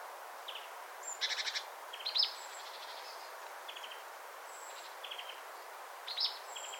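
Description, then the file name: Marsh tit calls: sharp high notes and short buzzy rattling trains, given in several bursts throughout over a steady soft background hiss. "Poecile palustris"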